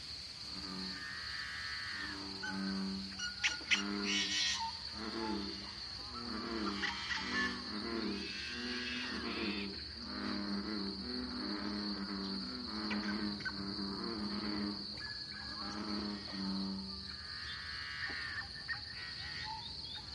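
A lively dawn chorus in a small pothole coulee in Eastern Washington: many birds call over one another almost without pause. Low, repeated hoarse notes come in steady rows, mixed with bright chirps and trills, and a thin high whine holds throughout.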